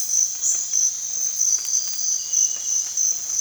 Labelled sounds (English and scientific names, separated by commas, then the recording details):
none
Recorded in dense forest near Puerto Asís, Putumayo, Colombia, on 20 December 2024 at 04:30
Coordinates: 0.468, -76.322
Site G071